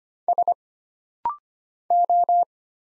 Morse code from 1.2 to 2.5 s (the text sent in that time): O